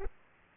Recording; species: mosquito wingbeat signal from an infrared sensor; Aedes aegypti